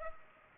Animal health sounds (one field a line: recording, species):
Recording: mosquito wingbeat signal from an infrared sensor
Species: Culex pipiens